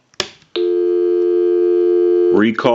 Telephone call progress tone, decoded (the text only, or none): dial tone